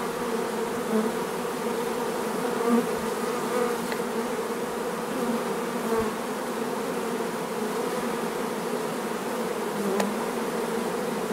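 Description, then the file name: Honey bees buzzing as a swarm, a dense, steady low hum with layered tones that holds evenly throughout, faint clicks now and then. Sound of a honey bee swarm, among sounds of the hive. "sonido enjambre de Abejas"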